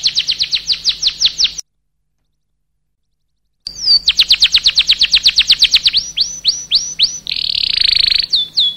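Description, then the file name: Canary singing fast rolling tours of sweeping notes, cut by a two-second silence, then long rapid trills, clear slurred whistles and a harsh buzzy burst, with a faint low hum beneath. "suara burung kenari"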